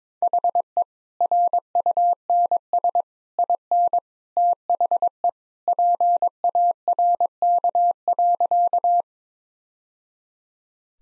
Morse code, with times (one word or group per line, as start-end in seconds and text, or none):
0.2-0.8 HE
1.2-3.0 RUNS
3.4-4.0 IN
4.4-5.3 THE
5.7-9.0 PARK.